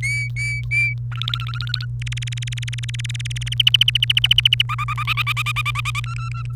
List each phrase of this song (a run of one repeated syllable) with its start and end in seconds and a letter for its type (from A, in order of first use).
0.02-0.94 A, 1.11-1.85 B, 2.01-3.54 C, 3.60-4.62 D, 4.69-6.00 E, 6.04-6.55 F